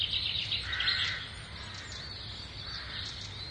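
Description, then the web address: Bird chirping: a few high twittering chirps over background noise. "samyelings. ptaki"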